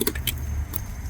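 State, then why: Not seated. During a mirror swap on a Yukon XL Denali, a mirror wiring harness connector is handled as it is plugged back into its door-side connector. Short plastic ticks and rattles sit over a low, steady hum. Nothing has seated or clicked yet.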